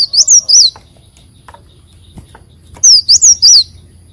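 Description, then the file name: Leafbird whistling two groups of three high, sliding notes, separated by about two seconds of near quiet. "Tieng chim xanh tim"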